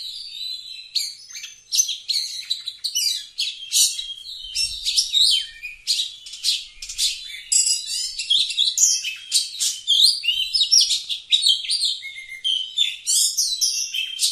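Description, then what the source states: Oriental magpie-robin singing nonstop: dense, varied phrases of sharp chips, scratchy buzzes and clear whistles tumbling together throughout. Singing actively, a style called gacor.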